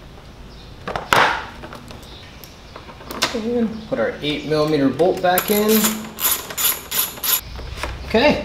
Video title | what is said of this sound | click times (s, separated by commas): Pro Circuit Exhaust - KLX140 Sound & Install! | make sure we get that snapped into place | 1.1 s